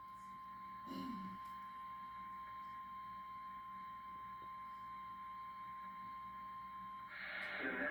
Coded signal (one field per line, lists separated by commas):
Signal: Emergency Alert System (SAME) tones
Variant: 1050 Hz attention tone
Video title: Southern NV/Northwestern AZ Severe Thunderstorm Warning